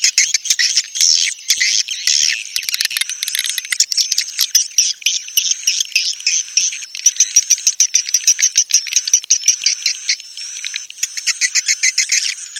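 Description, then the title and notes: Swiftlet twittering: dense, continuous high chatter of chirps with fast rattling runs throughout. Sound used for swiftlet farming in Asia. "Swiflet Bird Sound. Farming Swiflet Bird asia sound"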